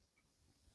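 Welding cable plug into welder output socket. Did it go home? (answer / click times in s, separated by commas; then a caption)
no / none. A welding cable twist-lock plug is being handled at the front output socket of a Telwin Force 165 welder, meant to be pushed in with its key matched and twisted to lock. Only a low, steady background hiss with faint rustling is heard over the 0.8 seconds. Nothing has seated or clicked yet.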